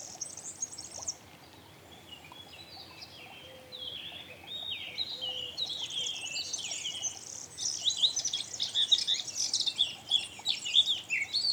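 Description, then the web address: Eurasian blackcap song: quiet scratchy warbling at first, then a stronger run of sliding notes, ending in loud, busy chattering warbles. "SETE data Sylvia atricapilla"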